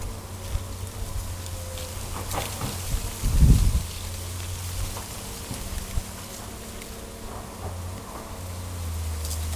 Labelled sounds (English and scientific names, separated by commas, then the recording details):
none
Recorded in forest near Pivijay, Magdalena, Colombia, on 1 June 2023 at 11:30
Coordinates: 10.467, -74.380
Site Z5-G034